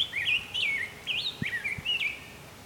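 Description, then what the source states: Ovenbird song phrases: high two-note units repeated in quick succession over faint low background thumps. Heard in the distance on the right.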